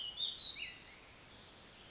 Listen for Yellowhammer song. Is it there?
no